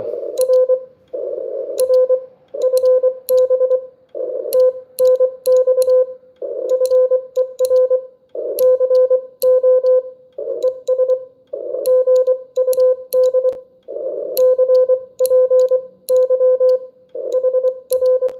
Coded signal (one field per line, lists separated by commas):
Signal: Morse code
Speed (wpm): 22 wpm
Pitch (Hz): 500 Hz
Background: none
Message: R R FB TNX FER CO ES GUD CPY HR